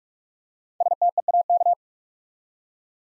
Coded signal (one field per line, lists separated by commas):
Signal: Morse code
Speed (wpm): 44 wpm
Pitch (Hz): 700 Hz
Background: none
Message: STEAK